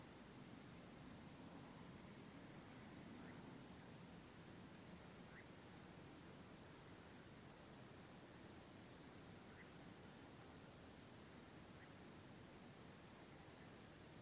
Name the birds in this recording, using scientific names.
Caprimulgus europaeus